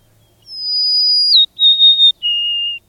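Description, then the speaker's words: Golden-crowned Sparrow song: three clear, plaintive whistled notes, each a little lower than the one before, the middle note slightly wavering, on a quiet background. Plaintive song; heard in winter in Washington, where the birds spend a long winter stay before heading north in spring to breed on the Alaskan tundra. "Golden-crowned sparrows, whose plaintive song added color to many a gray winter day, are headed north soon to breed on the tundra of Alaska."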